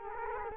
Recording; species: mosquito wingbeat signal from an infrared sensor; Culex quinquefasciatus